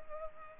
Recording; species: mosquito wingbeat signal from an infrared sensor; Culex pipiens